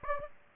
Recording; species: mosquito wingbeat signal from an infrared sensor; Aedes aegypti